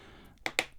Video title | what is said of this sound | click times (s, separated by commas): How To FIX Beyerdynamic DT 700 PRO X Headband Padding With 3rd Party Replacement Step by Step Guide | okay we've just heard that click in and then all I'm going to do is now just start pushing me away | 0.5 s, 0.6 s